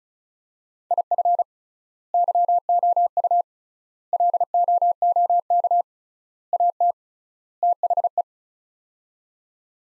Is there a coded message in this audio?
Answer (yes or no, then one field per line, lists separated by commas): yes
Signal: Morse code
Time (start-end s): 0.9-8.2 s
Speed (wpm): 36 wpm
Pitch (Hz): 700 Hz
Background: none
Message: IF YOU LOOK AT THE